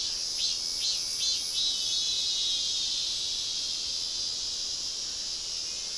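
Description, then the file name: Insect chorus, a steady shrill high-pitched hiss with a few brief pulsed bursts near the start before it settles into an even drone. "mainly insect"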